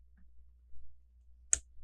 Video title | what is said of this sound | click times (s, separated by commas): Learning From The Pros - Lego Set #75577 - Mako Submarine | just needs to push it back until you hear the click | 1.5 s